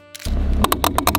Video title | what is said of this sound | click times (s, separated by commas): Doing This to Your Gas Cap Will Make Your Engine Run Like New Again | It clicks and then closes. | 0.6 s, 0.7 s, 0.8 s, 1.0 s, 1.1 s